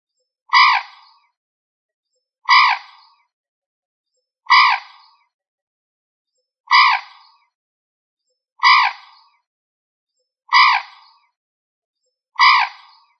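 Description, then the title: Rail giving a harsh, nasal squawk, each short burst falling away, repeated evenly about every two seconds, seven calls in all, with silence between. "Familia Rallidae"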